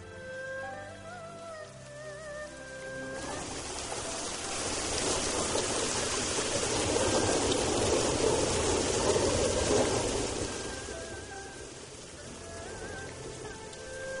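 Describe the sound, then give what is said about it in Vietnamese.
After a few seconds of soft melodic tones, a dense hiss of heavy rain falling outside sweeps in, swelling to a steady loud roar midway, then easing slightly, with faint music still threading underneath. “Dù bên ngoài đang mưa rất to,”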